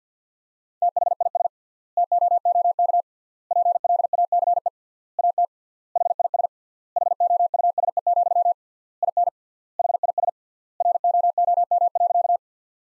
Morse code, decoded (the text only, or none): THIS TOOK PLACE AT HIS HOUSE, IN HIS ROOM.